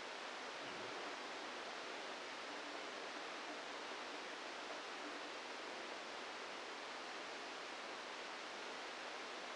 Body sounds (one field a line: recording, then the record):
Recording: brain microelectrode recording played as sound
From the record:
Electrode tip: inside the subthalamic nucleus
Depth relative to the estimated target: 1 mm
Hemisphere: left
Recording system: NeuroSet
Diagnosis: Parkinson's disease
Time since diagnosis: 27 years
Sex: male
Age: 62 years